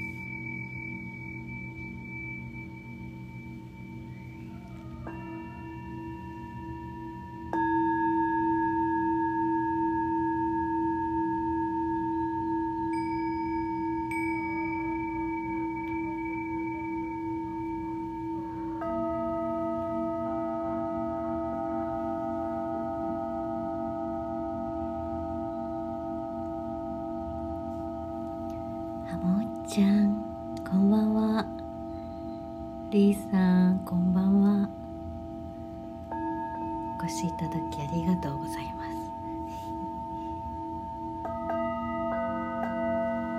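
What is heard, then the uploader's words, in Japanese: Singing bowls ring in long, overlapping sustained tones, new strikes layering in every few seconds, with a bright, fluttering swirl around 30–38 seconds. 春分 メキシコから シンギングボウルのサウンドヒーリング。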